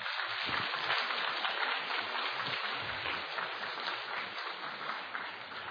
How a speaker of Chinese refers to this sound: 掌声归给上帝。